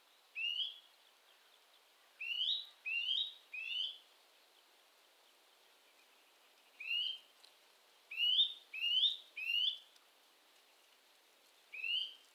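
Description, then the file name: Eurasian nuthatch uttering sharp rising whistles, singly and in quick runs of three, separated by gaps of a few seconds. "Sitta europaea"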